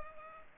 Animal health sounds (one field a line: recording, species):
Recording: mosquito wingbeat signal from an infrared sensor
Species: Culex pipiens